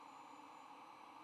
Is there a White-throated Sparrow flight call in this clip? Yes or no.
no